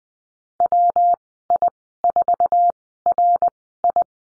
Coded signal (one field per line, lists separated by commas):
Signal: Morse code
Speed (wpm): 20 wpm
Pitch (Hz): 700 Hz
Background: none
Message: WI4RI